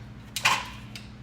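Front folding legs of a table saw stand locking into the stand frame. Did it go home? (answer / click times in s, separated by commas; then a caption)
yes / 0.5 s. The front folding metal legs of a DeWalt table saw stand, released with the upper lever, swing down and lock into the stand frame. A sharp tick comes at about 0.4 s, then the loudest metallic clack at 0.5 s, which rings briefly before a faint tick near 1.0 s. The legs are seated, locked into place at 0.5 s.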